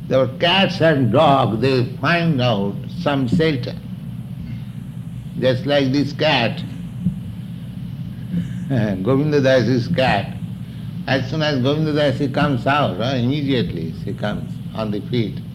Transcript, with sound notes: The cats and dogs, they find out some shelter. Just like this cat, [chuckles] Govinda dāsī's cat. As soon as Govinda dāsī comes out, immediately she comes on the feet: